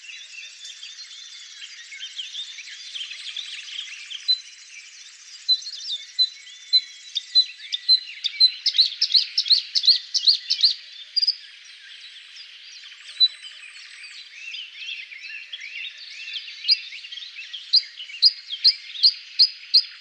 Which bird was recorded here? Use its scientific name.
Luscinia svecica